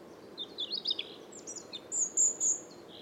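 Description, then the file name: European robin song, a brief run of high, tinkling, jumbled notes ending in thin sustained whistles at very high pitch, over a soft steady background hiss. "Erithacus rubecula"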